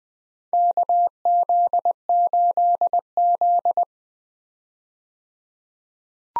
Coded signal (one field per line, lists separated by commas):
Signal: Morse code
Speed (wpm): 20 wpm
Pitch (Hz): 700 Hz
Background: none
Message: KZ8Z